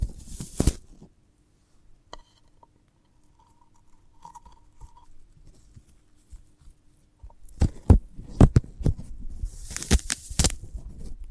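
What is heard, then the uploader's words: Sprouted coconut ASMR, with crisp crunches and bites at about 0.7 seconds and again in a dense cluster from 7.5 to 10.5 seconds. Between them it is mostly quiet: faint rustles, a short ping near 2 seconds and soft tones around 4 seconds. ASMR of a Sprouted Coconut (No Talking).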